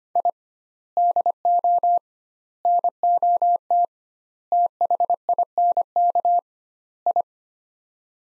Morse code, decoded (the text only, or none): I DO NOT THINK I